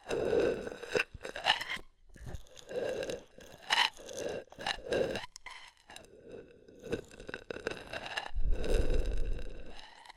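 Ear massage with oil and foam: wet, crackly squishing and rubbing that comes in uneven bursts, with short silent gaps near two and six seconds. Bright crunchy textures recur throughout, and a fuller, heavier rubbing swells near the end.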